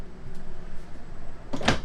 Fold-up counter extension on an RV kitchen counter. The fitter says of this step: and then after you get the slide out this will actually pop up lock into place now you even got more counter space